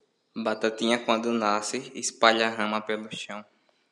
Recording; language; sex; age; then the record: short text; Brazilian Portuguese; male; 20 to 29 years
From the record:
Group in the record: control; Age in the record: 24 years